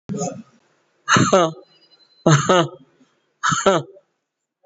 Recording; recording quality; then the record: shallow voluntary cough; moderate, slight background noise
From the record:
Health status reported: COVID-19 positive, mild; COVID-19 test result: positive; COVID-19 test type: RT-PCR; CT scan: not taken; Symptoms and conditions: sore throat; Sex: male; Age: 53 years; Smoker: no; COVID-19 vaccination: none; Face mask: not worn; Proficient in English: yes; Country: India